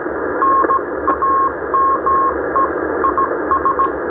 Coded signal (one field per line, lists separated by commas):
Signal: Morse code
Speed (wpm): 15 wpm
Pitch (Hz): 1080 Hz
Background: radio noise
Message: NAME IS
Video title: CW 15m Band Indonesia ke Philipina 20 watt